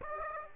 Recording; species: mosquito wingbeat signal from an infrared sensor; Aedes aegypti